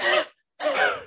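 An adult demonstrates two huff coughs (forced expiration technique): like trying to cough but with the larynx held open, so it sounds like air rushing out.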